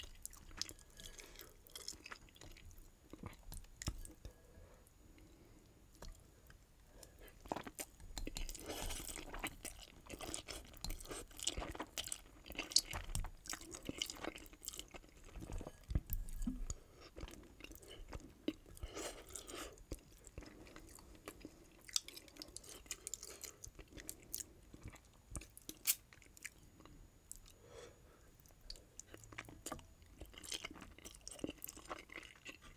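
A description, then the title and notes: Wet chewing and slurping, with irregular sticky bites and smacks, busiest around eight to seventeen seconds. ASMR Sushi & Nuclear Fire Noodles 2X Spicy Mini Mukbang (EATING SOUNDS).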